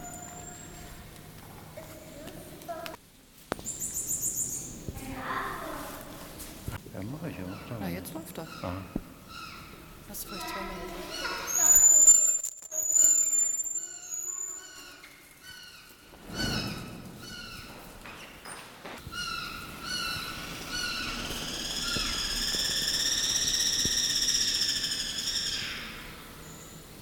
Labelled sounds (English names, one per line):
Guira Cuckoo call